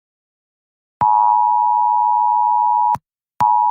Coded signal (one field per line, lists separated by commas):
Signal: Emergency Alert System (SAME) tones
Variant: 853 and 960 Hz attention tone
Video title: EAS Scenario: Irradiated Independence (Part II)